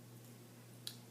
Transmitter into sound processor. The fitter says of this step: and then the transmitter gets reinserted into the bottom until you hear a click